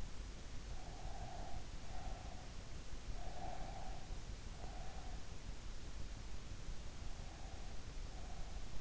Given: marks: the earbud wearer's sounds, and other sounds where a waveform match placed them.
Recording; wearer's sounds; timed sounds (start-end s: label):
sounds in sleep by an in-ear microphone; breath
0.60-2.62 s: breath
3.17-5.23 s: breath
6.96-8.81 s: breath